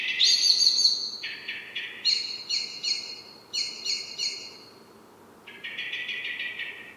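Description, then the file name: Common blackbird calling with loud, scratchy chattering notes delivered in rapid runs, pausing briefly, then resuming with another harsh rattling series. "Turdus merula"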